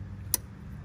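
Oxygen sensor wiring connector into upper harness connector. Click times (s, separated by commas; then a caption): 0.3 s. An oxygen sensor's electrical connector on a Toyota Camry is pushed gently into its mating upper harness connector with its tab lined up to the retainer clip. A single sharp click rings out at 0.3 s over a low steady hum, and the connector latches and is seated.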